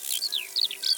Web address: Alouette des champs. abc de la nature